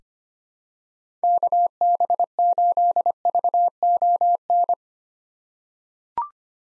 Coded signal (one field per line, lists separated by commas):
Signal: Morse code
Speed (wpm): 25 wpm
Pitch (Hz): 700 Hz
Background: none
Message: KB8VON